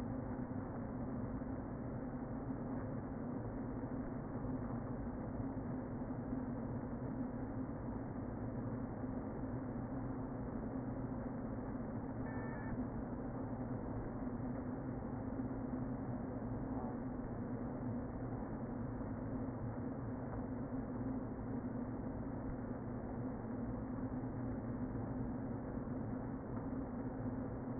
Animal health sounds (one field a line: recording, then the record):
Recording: honeybee colony, microphone inside the hive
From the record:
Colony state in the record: queen present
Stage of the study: before two queens were removed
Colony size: about 60,000 bees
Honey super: yes